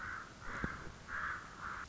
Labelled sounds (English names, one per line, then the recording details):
Common Raven
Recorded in Sonoma County, California